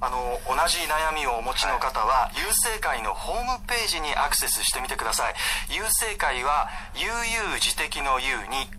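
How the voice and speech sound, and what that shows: An adult speaks fluent Japanese in a clear, ordinary voice, explaining how a group's name is written.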